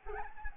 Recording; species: mosquito wingbeat signal from an infrared sensor; Anopheles arabiensis